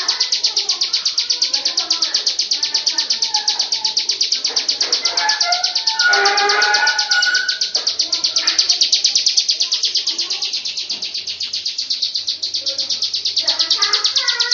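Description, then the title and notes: Bird producing a rapid, unbroken run of high chirps; lower warbled notes join midway. "Bird Sound. Kicau Burung Lengkap"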